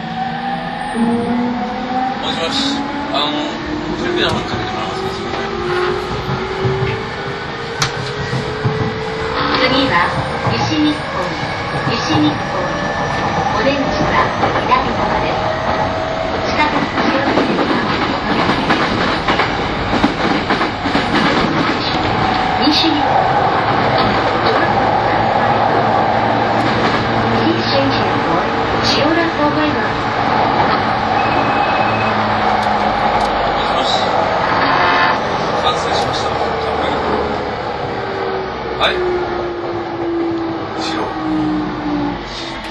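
An E231 series Yamanote Line train on the outer loop hums along steadily, its motor tones rising in pitch early on and falling again near the end. Clacks and rattles pass through throughout, with brief bits of speech mixed in.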